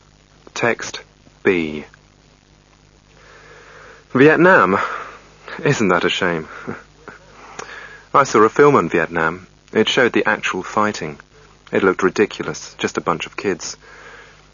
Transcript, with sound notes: Text B
Vietnam? Isn't that a shame? (Laughs softly. ) I saw a file on Vietnam, it showed the actual fighting. It looked ridiculous, just a bunch of kids.